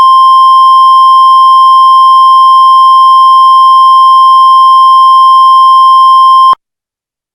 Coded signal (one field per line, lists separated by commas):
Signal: Emergency Alert System (SAME) tones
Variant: 1050 Hz attention tone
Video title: EAS Scenario - Nuclear War